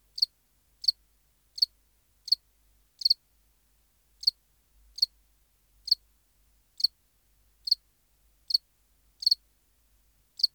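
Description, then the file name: House cricket with quick high chirps, about thirteen, mostly evenly spaced, once doubled into a stuttering pair. "Acheta domesticus"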